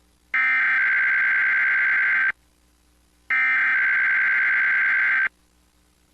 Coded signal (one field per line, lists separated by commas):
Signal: Emergency Alert System (SAME) tones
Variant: header bursts